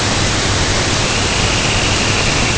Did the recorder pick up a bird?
yes